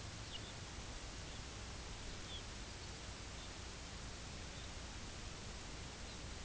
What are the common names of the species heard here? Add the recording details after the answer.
Lapland Longspur, Red Phalarope. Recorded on Arctic tundra, site UTQI-0, on 17 June 2019. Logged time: 18:00